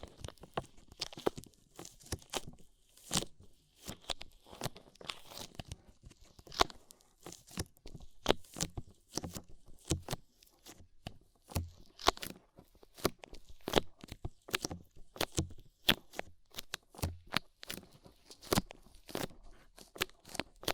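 Ear cleaning sounds of rhinestone and clay removal, made of sharp crunchy clicks and scrapes that come in quick, irregular bursts throughout. Some moments cluster densely, others leave short gaps. Soft crinkling and tearing textures sit between the louder snaps.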